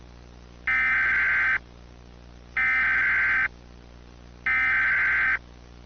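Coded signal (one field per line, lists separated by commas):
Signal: Emergency Alert System (SAME) tones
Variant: header bursts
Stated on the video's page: Mock alert that still carries valid tones.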